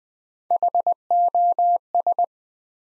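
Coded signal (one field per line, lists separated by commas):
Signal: Morse code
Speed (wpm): 20 wpm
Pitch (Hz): 700 Hz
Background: none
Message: HOS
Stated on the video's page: Morse practice at 20 wpm: 8-letter words built three letters at a time, for beginners working on instant character recognition.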